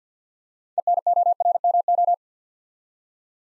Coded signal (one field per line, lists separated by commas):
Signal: Morse code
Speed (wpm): 48 wpm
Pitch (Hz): 700 Hz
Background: none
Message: ENORMO